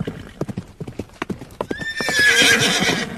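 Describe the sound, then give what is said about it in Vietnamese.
Rapid, rhythmic hoofbeats of horses with riders clatter in a steady clip-clop, heard from afar, then a loud, high whinny rises over them, wavering and bright as the hooves keep going beneath. “Từ đằng xa, tiếng người ngựa vọng về nghe thật oai hùng.”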